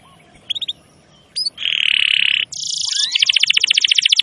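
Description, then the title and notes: Canary song with a few brief chips, a sustained buzzy trill, then a fast rolling series of high notes. Long, highly active canary song used as a master recording for luring wild canaries. "Pikat Kenari GACOR PANJANG INI Cocok Untuk Masteran KENARI LIAR. Masteran burung kenari gacor parah"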